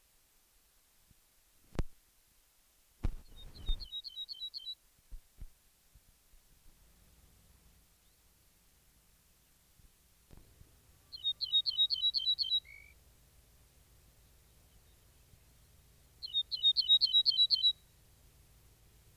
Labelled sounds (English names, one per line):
Ortolan Bunting song